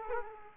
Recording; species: mosquito wingbeat signal from an infrared sensor; Culex quinquefasciatus